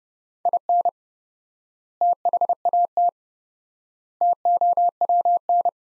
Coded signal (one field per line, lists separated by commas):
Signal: Morse code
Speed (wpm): 30 wpm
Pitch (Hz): 700 Hz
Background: none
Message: IN THAT TOWN